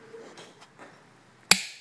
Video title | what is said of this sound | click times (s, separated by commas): How To Build a Chevy 383 Stroker - Part 1: Block & Crank | that big click right there then you know it's all torqued down it's even | 1.5 s